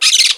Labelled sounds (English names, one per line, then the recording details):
Brown-throated Parakeet contact call
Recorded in Margarita
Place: San Francisco, near stadium
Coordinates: 11.018, -64.294